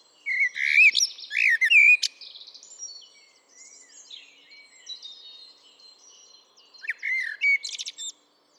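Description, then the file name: Eurasian blackbird gives a loud burst of whistles and high squeaks, then a quiet thin warble, then one short whistled phrase. "Turdus merula"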